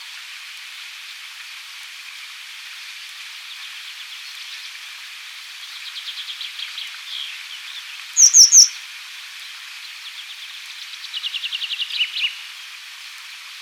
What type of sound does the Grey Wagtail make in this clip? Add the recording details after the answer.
song. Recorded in the wild. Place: Kandel /Schwarzwald; Waldkirch, Baden-Württemberg, DE. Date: 1984-07-08. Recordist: Schwarz, Dieter